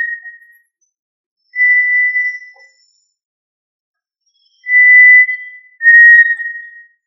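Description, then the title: Tinamou calling with long, pure, even-pitched whistles, one trailing off, then a pair of closely spaced notes near the end, against silence. "Familia Tinamidae - Quail - Puyuh"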